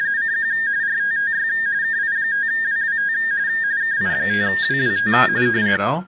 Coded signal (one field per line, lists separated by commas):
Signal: RTTY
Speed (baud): 45.45 baud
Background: speech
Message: CQ RTTY KI5WWT KI5WWT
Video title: Weekly RTTY Contest 4-30-2026